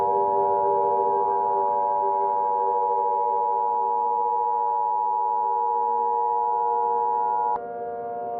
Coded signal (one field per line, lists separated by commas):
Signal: Emergency Alert System (SAME) tones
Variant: 853 and 960 Hz attention tone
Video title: EAS Scenario - The USA's Self-Demise